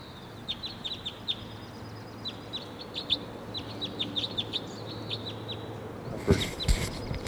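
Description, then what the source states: Crossbill calls: a steady series of short, sharp high chip notes, often in quick pairs and runs, over a low hum, ending in a few louder knocks. A wild crossbill present at 7:35.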